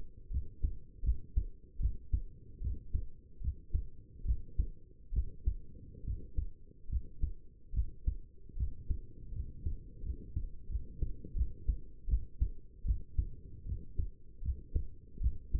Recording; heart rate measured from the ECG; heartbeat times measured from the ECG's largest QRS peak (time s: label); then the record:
heart sounds by stethoscope; 77 bpm
0.31 s: heartbeat
1.03 s: heartbeat
1.80 s: heartbeat
2.61 s: heartbeat
3.41 s: heartbeat
4.25 s: heartbeat
5.13 s: heartbeat
6.04 s: heartbeat
6.89 s: heartbeat
7.73 s: heartbeat
8.56 s: heartbeat
9.33 s: heartbeat
10.03 s: heartbeat
10.69 s: heartbeat
11.35 s: heartbeat
12.08 s: heartbeat
12.85 s: heartbeat
13.66 s: heartbeat
14.42 s: heartbeat
15.21 s: heartbeat
From the record:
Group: healthy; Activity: rest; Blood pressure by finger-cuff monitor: 106/75 mmHg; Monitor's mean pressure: 82 mmHg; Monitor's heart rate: 78 bpm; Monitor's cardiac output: 5.7 L/min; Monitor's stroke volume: 72 mL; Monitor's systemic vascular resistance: 1020 dyn s/cm5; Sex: male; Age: 21 years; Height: 170 cm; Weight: 71 kg